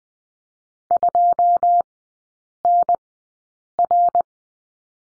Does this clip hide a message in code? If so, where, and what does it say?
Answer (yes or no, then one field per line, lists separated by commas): yes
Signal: Morse code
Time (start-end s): 0.9-4.2 s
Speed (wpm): 20 wpm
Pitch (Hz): 700 Hz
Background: none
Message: 2NR